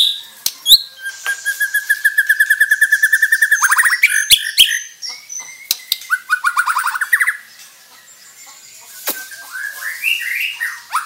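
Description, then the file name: White-rumped shama giving a fast, steady rattling trill of repeated notes for several seconds, then scattered sharp clicks and varied chattering phrases after a pause. Bornean crowned variety; harsh call. "Suara kasar burung murai batu borneo mahkota"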